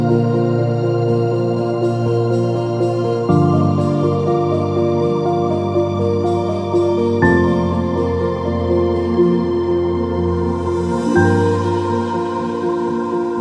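Calm piano music plays in slow, sustained chords that change about every four seconds, near 3, 7 and 11 seconds. The low notes ring full and steady under soft upper tones. Around 11 seconds a faint airy shimmer rises briefly in the highs.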